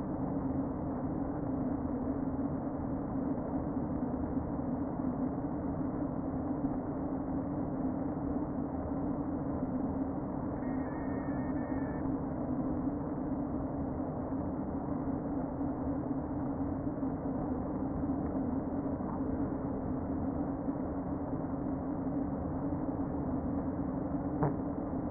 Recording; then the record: honeybee colony, microphone inside the hive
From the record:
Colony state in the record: queen present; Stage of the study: before two queens were removed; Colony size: about 60,000 bees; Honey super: yes